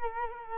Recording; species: mosquito wingbeat signal from an infrared sensor; Culex quinquefasciatus